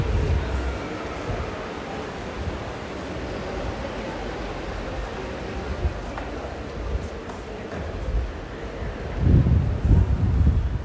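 A steady, dense rumble of a ride on public transport, much like a bus or metro carriage in motion, with a hiss above it that holds even throughout. Near the end, around nine to eleven seconds, heavy low thumps and buffeting swell louder.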